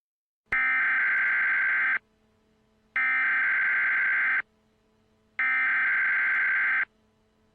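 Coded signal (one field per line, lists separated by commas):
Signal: Emergency Alert System (SAME) tones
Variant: header bursts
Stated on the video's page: Mock EAS activation for a nuclear attack, a simulated live-action event on an Atlanta radio station, made for entertainment.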